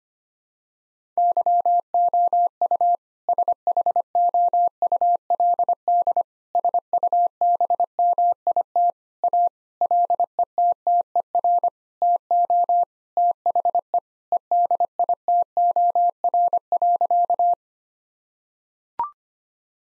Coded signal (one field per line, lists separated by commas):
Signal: Morse code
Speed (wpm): 25 wpm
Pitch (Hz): 700 Hz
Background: none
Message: YOU SHOULD SUBMIT A LETTER TO THE EDITOR.